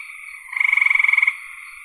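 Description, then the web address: Frog call: a single loud, rapidly pulsed rattling trill under a second long rises out of a soft, steady buzzing chorus. "cn frogs"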